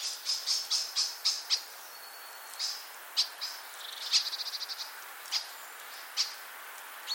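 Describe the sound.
Common starling giving a fast series of dry clicks and rattles, a brief level whistle, and later a quick burst of rapid ticking notes.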